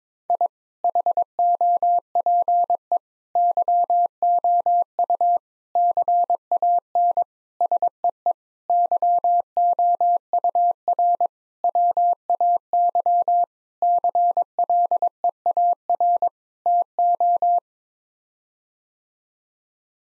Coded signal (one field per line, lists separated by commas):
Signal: Morse code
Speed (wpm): 22 wpm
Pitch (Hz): 700 Hz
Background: none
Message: I HOPE YOU CAN SEE YOUR WAY CLEAR TO